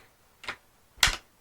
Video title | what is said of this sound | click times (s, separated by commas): XB3 - 3-in-1 Crossbow - Intro / Unboxing / Set-up / Demo | close the arrow Pusher until you hear it snap shut and lock | 1.0 s